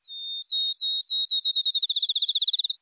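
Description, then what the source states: Field Sparrow song: clear, pure whistles on one steady pitch that come faster and faster, ending in a rapid bouncing trill, with nothing else heard. Described as a sweetly whistled song that speeds toward a melodious trill.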